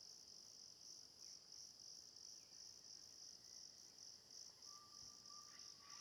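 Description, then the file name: Continuous high cricket chirring pulses steadily, joined late by a long flat whistled bird note. Natural forest ambience at Mata das Andorinhas, crickets with birds. "Ambiencia mata das andorinhas grilos, passaros maritaca longe"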